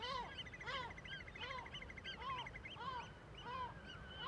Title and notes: Iles Féroé, KUNOY, nous sommes au dessus la forêt de Viðarlundin í Kunoy, le Cirque est énorme et les mouettes et autres oiseaux se mettent en alerte.